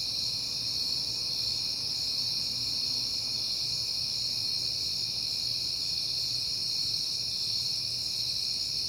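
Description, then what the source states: Dense cricket chorus of even, high-pitched trilling from start to finish, over a quiet low drone. Recorded on a peaceful night in September; crickets heard often that month.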